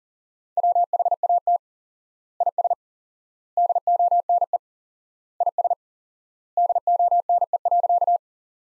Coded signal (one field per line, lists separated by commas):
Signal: Morse code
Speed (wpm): 40 wpm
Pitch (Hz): 700 Hz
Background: none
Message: WHAT IS DONE IS DONE.